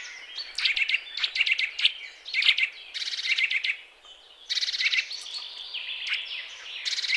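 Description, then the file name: Eurasian nuthatch giving repeated short doubled call notes, amid other high chirping. "Sitta europaea"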